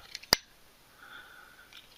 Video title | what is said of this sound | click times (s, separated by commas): Baofeng UV-5R UV5R Disassembly Teardown : Eye-On-Stuff | you can reinstall the battery. Make sure you hear a nice snap. | 0.3 s